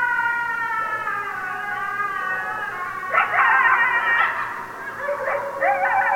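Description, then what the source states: Coyotes howling in wavering harmonic tones that then break into a burst of high yips and yelps, with a quavering howl resuming at the end. Several coyotes recorded on 16 December 2012.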